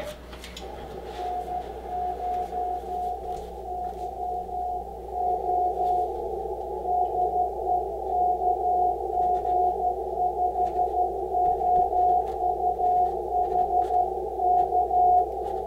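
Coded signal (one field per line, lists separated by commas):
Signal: Morse code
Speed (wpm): 12 wpm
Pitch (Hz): 720 Hz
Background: radio noise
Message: N9YO DE KG5OUH K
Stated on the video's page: Sent with a straight key on an Icom IC-7300 during a CW ham radio QSO, the operator's first successful straight-key contact.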